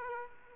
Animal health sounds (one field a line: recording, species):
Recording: mosquito wingbeat signal from an infrared sensor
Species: Aedes aegypti